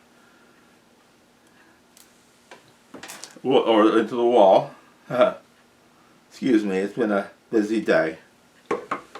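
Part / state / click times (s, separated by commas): USB-C power cable plug into single-board computer power port / seated / 8.9 s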